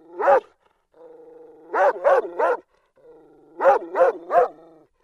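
Dog giving a single bark, then two quick runs of three barks, each run led by a soft whine.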